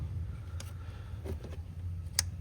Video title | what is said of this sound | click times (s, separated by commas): Cuerpo de Aceleración 1.4 TSI: Limpieza y Calibración | Okay, you should hear a click. | 2.2 s